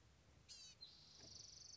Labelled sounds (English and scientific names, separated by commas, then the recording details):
Blue-gray Gnatcatcher (Polioptila caerulea)
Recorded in Sonoma County, California